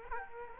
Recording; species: mosquito wingbeat signal from an infrared sensor; Culex quinquefasciatus